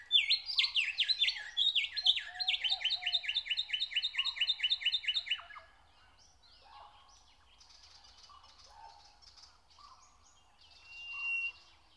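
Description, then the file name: Nightingale song opening with a rapid, rhythmic series of repeated chopped notes for about five seconds, followed by quieter scattered phrases and a brief closing burst. "Nature Sounds - Song of the nightingale"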